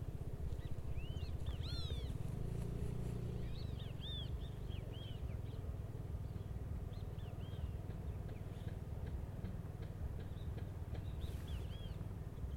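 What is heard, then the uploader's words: Noisy yellow-chested birds call in Bermuda, their sharp, rising-and-falling chirps coming in quick bursts throughout, busiest near the start and again toward the end. A steady low engine rumble runs underneath the whole time, swelling briefly around the second and third seconds. Yellow-chested birds, Bermuda. Recorded by Mark Wilden. A species of noisy yellow-chested birds in St. George, Bermuda.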